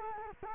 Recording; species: mosquito wingbeat signal from an infrared sensor; Culex quinquefasciatus